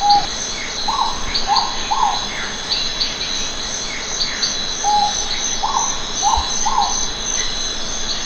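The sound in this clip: Philippine hawk-owl calling with a run of short hollow notes, pausing, then repeating a similar series, while crickets or other insects trill continuously.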